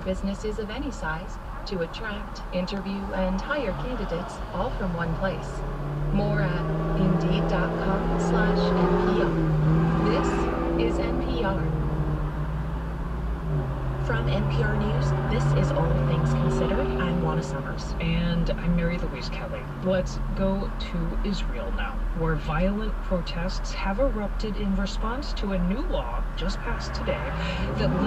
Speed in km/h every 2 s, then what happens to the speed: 0, 0, 0, 0, 0, 0, 0, 0, 0, 0, 0, 0, 0, 0.
0-28 standing.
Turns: none.